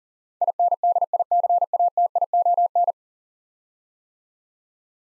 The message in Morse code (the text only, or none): INDICATION